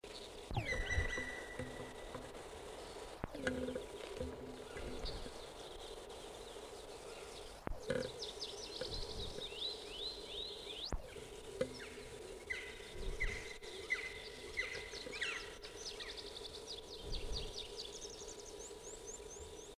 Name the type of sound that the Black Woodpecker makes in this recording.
call